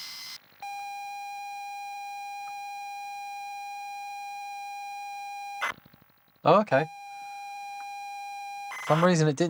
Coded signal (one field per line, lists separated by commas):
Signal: ZX Spectrum tape loading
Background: speech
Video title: ZX Spectrum Floppy and Tape Deck Repairs